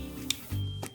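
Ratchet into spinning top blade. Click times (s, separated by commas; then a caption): 0.3 s, 0.9 s. A ratchet part is pushed into an upright plastic spinning top blade and twisted until it locks, with sharp clicks at 0.3 s and 0.9 s. Someone talks as the ratchet seats firmly into the blade.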